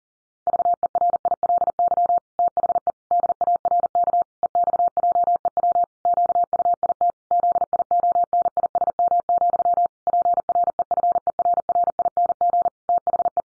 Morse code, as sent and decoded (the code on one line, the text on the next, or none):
...- . .-. .. .-.. -.-- / - .... . / -.. .- .-. -.- / . -..- .--- . .-- / --.- ..- .. - / --.. .. --- -. .. ... -- --..-- / .--. .-. . ..-. . .-. .-. .. -. --. / - .... .
VERILY THE DARK EXJEW QUIT ZIONISM, PREFERRING THE